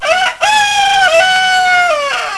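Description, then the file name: Chicken: rooster crowing: a loud, rich crow opening with a brief note, then a long drawn-out cry held level before dropping away at the end. Male (rooster). "coq"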